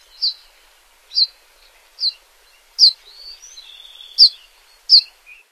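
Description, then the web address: Violet-green swallow giving several short high chip notes, each a quick downward slur, with faint thin tones between them. "Songs of Birds of North America Stokes. Violet-green Swallow"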